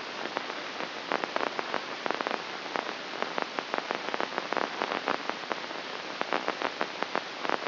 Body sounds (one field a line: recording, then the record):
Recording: brain microelectrode recording played as sound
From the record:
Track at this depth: inside the subthalamic nucleus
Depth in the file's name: 1.75 mm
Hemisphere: right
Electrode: 2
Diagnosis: Parkinson's disease